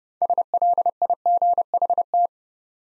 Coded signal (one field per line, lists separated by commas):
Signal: Morse code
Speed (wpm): 30 wpm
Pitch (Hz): 700 Hz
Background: none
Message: SLIGHT